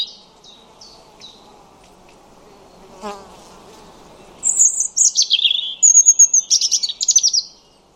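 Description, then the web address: European robin song, a few faint high notes at first, then after a pause a loud, tumbling phrase of very high, sliding and trilled notes. "Deverinetal 2025 File origin Bird Only Er Ru"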